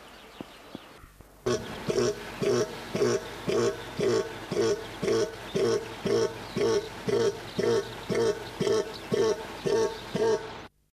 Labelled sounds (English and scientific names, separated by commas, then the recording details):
Northern Cassowary (Casuarius unappendiculatus) call
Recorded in captivity
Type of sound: call
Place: Vogelpark Walsrode, Niedersachsen, DE
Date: 1986-03-17
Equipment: Halbspur, 9,5 cm/s
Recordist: Lütgens, Hans
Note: Rufe